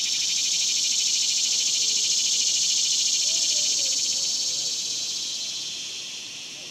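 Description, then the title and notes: Cicadas singing a loud unbroken high buzz with rapid regular pulses, easing off in the last seconds. Daytime, outdoors in a cemetery, summer. "Ext, Daytime Cicadas, Cemetery, Summer"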